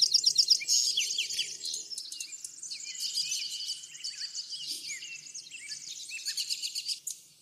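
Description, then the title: Birdsong, busy overlapping chirps and whistled slurs from several birds, with a faint low hum underneath. Backyard. "Backyard Birds - Ambient Nature Bird Sounds"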